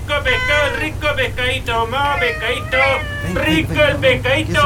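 A cat, excited by the smell of fish, meows insistently and almost nonstop, a rapid string of high, wavering, rising and falling cries over a steady low rumbling hum.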